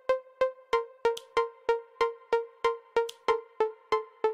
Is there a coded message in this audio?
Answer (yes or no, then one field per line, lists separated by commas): no